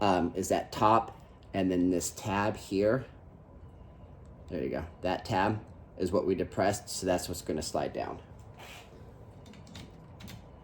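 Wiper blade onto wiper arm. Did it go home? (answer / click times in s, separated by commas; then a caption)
no / none. Someone talks while handling the passenger-side wiper blade and its plastic adapter on an Audi RS5 B9.5/9, lining it up to slide onto the wiper arm until its tab locks. A few faint handling ticks follow near the end, but nothing has seated or clicked yet.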